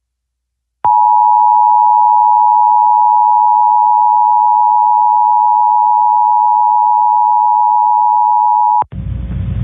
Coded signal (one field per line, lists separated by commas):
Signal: Emergency Alert System (SAME) tones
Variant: 853 and 960 Hz attention tone